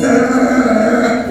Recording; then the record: squeal of a Yucatan mini pig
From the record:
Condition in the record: after surgery on the right vocal fold (resection and tissue-engineered implant); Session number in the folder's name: 4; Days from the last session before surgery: 26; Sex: female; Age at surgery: 19 weeks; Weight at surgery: 25 kg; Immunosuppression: prednisolone